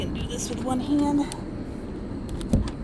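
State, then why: Seated. Someone talks while pushing an EV charging cable plug one-handed into the charge port of a Cybertruck. A short cluster of clicks follows, with the plug clicking home at 2.4 s and 2.5 s. The plug is seated in the port.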